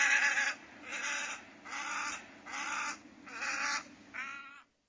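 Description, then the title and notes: Tricolored heron squawks: six rough, nasal calls in a row, the first loudest, each a buzzy burst separated by brief pauses. Merritt Island National Wildlife Refuge near Titusville, Florida. "The post Tricolor Heron appeared first on Laura Meyers Photograpy"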